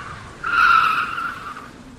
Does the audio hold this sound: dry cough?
no